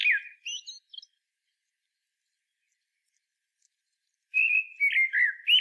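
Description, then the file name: Common blackbird song, a fluty warbled phrase with squeaky high notes, then a long silence before another rich flowing phrase. "Turdus merula"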